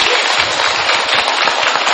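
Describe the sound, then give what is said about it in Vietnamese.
Loud, sustained applause from an audience of Buddhist followers, a dense crackle of many hands clapping at once with a steady, even roar and no voices on top. “Xin các quý Phật tử dành một tràng vỗ tay thật nồng liệt”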